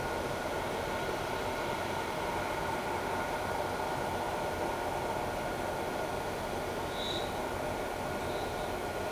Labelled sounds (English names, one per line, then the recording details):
none
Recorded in shrubland near Pivijay, Magdalena, Colombia, on 15 April 2023 at 18:00
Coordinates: 10.453, -74.365
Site P5-G022